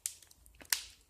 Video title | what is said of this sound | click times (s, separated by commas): Présentation du ECOO E04 Aurora Plus par PhoneDroid | donc la coque se clipse plutôt pas mal. | 0.1 s, 0.7 s